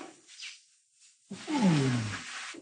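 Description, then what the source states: Orangutan long call: a deep, harmonic roar that slides downward over about a second, following a quieter, breathy stretch. Long call of a male orangutan; such calls were collected across Borneo and Sumatra and used to reconstruct evolutionary relationships.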